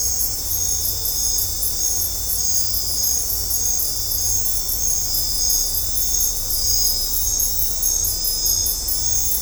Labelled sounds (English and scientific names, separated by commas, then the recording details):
none
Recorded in dense forest near Puerto Asís, Putumayo, Colombia, on 18 December 2024 at 21:30
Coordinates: 0.503, -76.323
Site G043